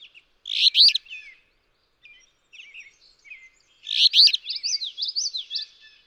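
Alder flycatcher giving two rough, buzzy phrases about three seconds apart, the second followed at once by another bird's high, rhythmic slurred notes.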